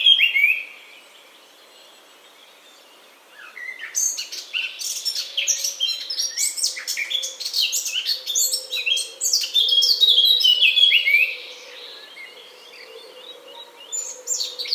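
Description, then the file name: Eurasian blackcap singing: one brief note, a pause, then a long, rich, fast warble of varied chattering and fluty phrases, fading and resuming near the end. "Sylvia atricapilla"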